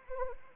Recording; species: mosquito wingbeat signal from an infrared sensor; Anopheles arabiensis